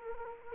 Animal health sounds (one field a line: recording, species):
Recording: mosquito wingbeat signal from an infrared sensor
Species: Anopheles gambiae